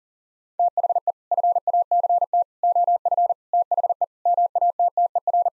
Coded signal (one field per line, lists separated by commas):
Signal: Morse code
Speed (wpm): 40 wpm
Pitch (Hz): 700 Hz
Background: none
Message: THE FACT OF THE MATTER